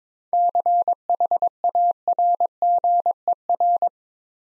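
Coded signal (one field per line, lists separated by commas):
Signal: Morse code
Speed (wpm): 22 wpm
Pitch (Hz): 700 Hz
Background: none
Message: CHARGER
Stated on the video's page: Morse practice set of easy words at 22 wpm, using contextual hints (priming) before each word.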